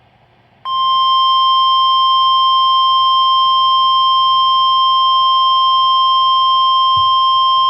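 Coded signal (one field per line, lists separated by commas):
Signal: Emergency Alert System (SAME) tones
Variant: 1050 Hz attention tone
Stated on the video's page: EAS alerts during a severe weather wave, with possible tornadoes and a possible watch.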